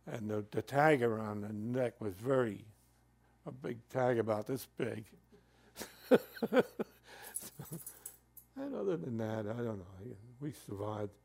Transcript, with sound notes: and the tag around the neck was very — a big tag about this big. [Laughs] And other than that, I don't know. We survived.